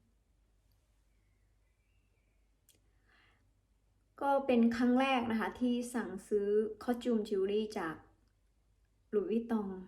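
A hoop earring's metal hinged clasp on a new small Louis Vuitton Louise earring from 2021 is pressed shut while being put on as the second earring. The clasp gives a single sharp click at 2.7 s as it closes into its catch, and the earring is seated. Someone then talks.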